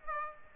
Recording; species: mosquito wingbeat signal from an infrared sensor; Aedes aegypti